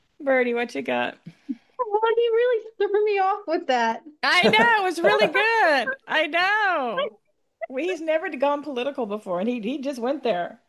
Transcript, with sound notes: Birdie, what you got?
Well, you really threw me off with that.
I know.
(laughs)
It was really good. I know. He's never gone political before and he, he just went there.